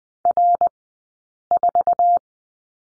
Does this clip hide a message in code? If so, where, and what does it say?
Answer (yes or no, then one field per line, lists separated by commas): yes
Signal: Morse code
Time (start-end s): 0.3-2.2 s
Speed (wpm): 20 wpm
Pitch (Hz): 700 Hz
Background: none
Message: R4